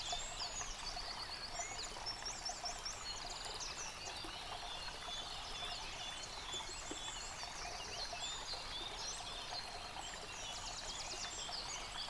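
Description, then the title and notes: Songbirds in full chorus, repeated high trills and chirping notes throughout, over the steady rush of a stream. Bird chorus recorded by a stream at Dlouhý Důl, Krásná Lípa, Czechia, on a Zoom H6 recorder. "Dlouhý Důl 14, 407 47 Krásná Lípa, Czechia - Ptáci a potok. Ptačí sněm snímaný u potoka.. nahráno na ZOOM H6"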